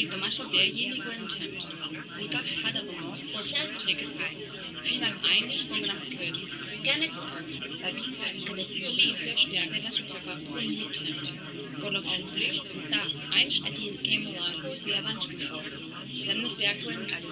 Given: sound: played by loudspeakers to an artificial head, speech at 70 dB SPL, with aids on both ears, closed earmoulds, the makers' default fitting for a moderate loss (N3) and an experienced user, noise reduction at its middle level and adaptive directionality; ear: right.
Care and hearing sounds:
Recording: speech test signal (ISTS) in cocktail-party noise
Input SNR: -6 dB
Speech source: on the right (90 degrees)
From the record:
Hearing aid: class 1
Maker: C

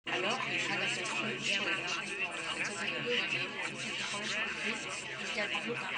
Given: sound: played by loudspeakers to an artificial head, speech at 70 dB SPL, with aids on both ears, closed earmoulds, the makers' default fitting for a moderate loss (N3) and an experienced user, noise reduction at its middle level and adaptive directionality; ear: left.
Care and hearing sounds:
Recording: speech test signal (ISTS) in cocktail-party noise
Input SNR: -3 dB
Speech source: on the right (90 degrees)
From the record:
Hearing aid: class 2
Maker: G

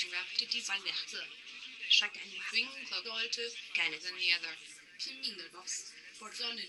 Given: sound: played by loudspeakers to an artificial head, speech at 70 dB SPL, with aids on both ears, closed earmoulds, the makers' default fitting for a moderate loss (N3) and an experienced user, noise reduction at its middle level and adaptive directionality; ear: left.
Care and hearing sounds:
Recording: speech test signal (ISTS) in cocktail-party noise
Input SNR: +9 dB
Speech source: on the right (90 degrees)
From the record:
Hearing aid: class 2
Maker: H

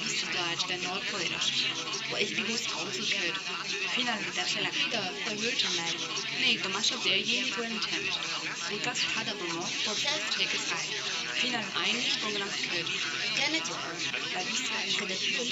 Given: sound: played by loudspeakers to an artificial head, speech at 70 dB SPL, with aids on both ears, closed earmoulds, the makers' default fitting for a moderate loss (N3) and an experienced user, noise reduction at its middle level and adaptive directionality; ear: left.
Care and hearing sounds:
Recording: speech test signal (ISTS) in cocktail-party noise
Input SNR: 0 dB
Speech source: in front (0 degrees)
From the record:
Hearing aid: class 1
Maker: A

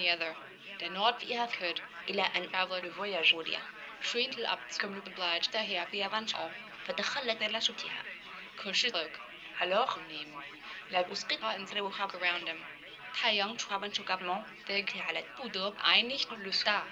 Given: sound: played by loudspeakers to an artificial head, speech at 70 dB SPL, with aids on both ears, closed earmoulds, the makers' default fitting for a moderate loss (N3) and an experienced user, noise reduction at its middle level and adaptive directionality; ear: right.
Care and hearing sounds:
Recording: speech test signal (ISTS) in cocktail-party noise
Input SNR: +6 dB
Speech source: on the right (90 degrees)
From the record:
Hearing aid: class 1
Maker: F

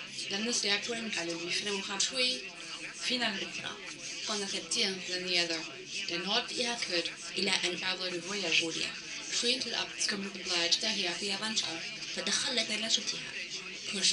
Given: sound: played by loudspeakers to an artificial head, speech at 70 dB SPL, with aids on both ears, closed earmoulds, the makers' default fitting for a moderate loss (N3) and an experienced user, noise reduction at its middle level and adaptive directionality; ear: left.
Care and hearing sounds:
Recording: speech test signal (ISTS) in cocktail-party noise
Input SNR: +9 dB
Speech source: on the right (90 degrees)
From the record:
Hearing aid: class 1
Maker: B

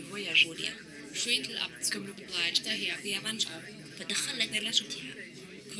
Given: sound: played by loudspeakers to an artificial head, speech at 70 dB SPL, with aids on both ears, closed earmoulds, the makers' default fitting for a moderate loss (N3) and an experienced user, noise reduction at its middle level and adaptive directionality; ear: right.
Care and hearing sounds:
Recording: speech test signal (ISTS) in cocktail-party noise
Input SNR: 0 dB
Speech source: in front (0 degrees)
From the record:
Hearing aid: class 2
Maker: J

